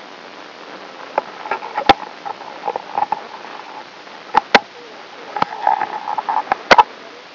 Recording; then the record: brain microelectrode recording played as sound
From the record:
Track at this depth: inside the subthalamic nucleus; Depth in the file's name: 2.921 mm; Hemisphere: right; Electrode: 3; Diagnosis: Parkinson's disease